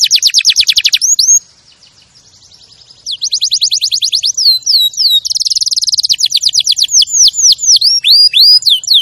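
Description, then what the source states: Canary singing rapid chattering trills, a short quieter pause, then more rolled trills and curving, downward-slurred whistles. Champion canary song used as a master recording for training other birds to sing.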